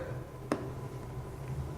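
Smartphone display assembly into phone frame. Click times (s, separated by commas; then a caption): 0.5 s. A replacement iPhone 7 display assembly is pressed down onto the phone's metal frame, with fingers sliding toward the middle until its plastic clips snap in. A single sharp click sounds at 0.5 s over a low, steady background hum. The screen is seated and secured to the frame.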